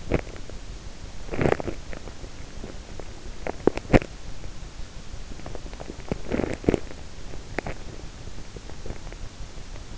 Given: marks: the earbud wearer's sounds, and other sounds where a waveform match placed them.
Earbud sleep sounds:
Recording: sounds in sleep by an in-ear microphone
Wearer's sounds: teeth grinding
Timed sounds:
0.00-0.28 s: teeth grinding
1.20-1.90 s: teeth grinding
3.35-4.26 s: teeth grinding
5.65-6.98 s: teeth grinding
7.50-8.01 s: teeth grinding
8.74-9.19 s: teeth grinding

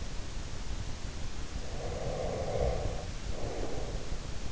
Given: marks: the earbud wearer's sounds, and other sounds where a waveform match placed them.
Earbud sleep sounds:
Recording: sounds in sleep by an in-ear microphone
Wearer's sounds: breath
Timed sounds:
1.54-4.47 s: breath

